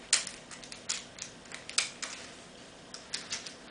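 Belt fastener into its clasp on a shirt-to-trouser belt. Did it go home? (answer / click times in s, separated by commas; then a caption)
no / none. A belt fastener is handled against its clasp on a canvas, non-elastic shirt-to-trouser belt. Sharp, bright taps and clicks occur near 0.1, 0.9, 1.8 and 3.1 seconds, with softer rattles between them. Nothing has seated or locked yet.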